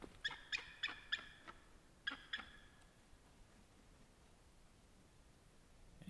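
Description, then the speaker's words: Bald Eagle call: thin, high piping notes, five in quick succession, a brief pause, then two more. Wild eagle calling while flying directly overhead at an estuary in Haida Gwaii. "Oh, here comes an eagle right over my head. And he just talked to us."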